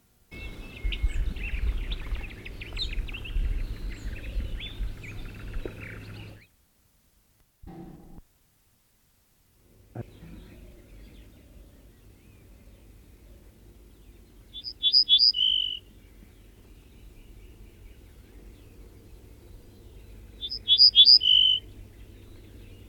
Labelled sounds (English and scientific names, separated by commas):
Ortolan Bunting (Emberiza hortulana)